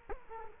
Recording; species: mosquito wingbeat signal from an infrared sensor; Culex quinquefasciatus